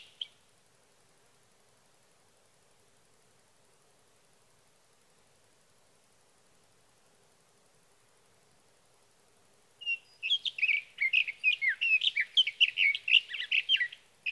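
Sage thrasher: a brief note at the start, about ten seconds of quiet, then a rapid, rambling warble of mixed whistles and buzzes that runs to the end.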